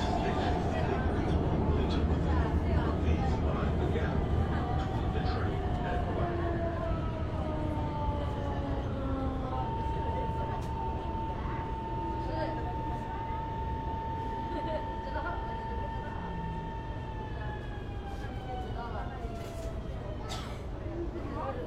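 Inside a Shenzhen metro car, a heavy, steady low roar of the train and air conditioning fills the whole clip. Long whining tones slide slowly up and down, one holding steady from about 9 to 17 seconds, while faint voices and small clicks sit underneath.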